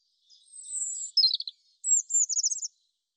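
European robin song: a drawn-out high thin note, then a brief descending jingle, a pause, and a fast repeated twittering trill at very high pitch.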